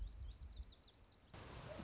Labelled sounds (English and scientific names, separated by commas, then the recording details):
Lazuli Bunting (Passerina amoena)
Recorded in Sonoma County, California